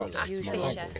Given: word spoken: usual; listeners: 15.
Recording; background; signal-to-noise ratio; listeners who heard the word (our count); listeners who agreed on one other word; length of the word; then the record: one English word in noise, from a listening test; four-talker babble; -3.0 dB; 0 of 15; 6 of 15; 0.60 s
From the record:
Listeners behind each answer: 6, 1, 1, 1, 1, 1, 1, 1, 1, 1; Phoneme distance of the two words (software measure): 47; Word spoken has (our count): 2 syllables, 5 phonemes, stress on syllable 1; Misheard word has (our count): 2 syllables, 4 phonemes, stress on syllable 1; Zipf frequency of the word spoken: 4.74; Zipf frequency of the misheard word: 3.75